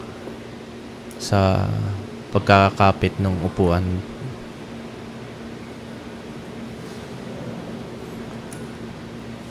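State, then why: Not seated. A motorcycle seat is being handled before it is lowered back into its seat lock. Someone talks from about 1.3 to 3.9 seconds over a steady low hum. The seat has not seated or locked yet.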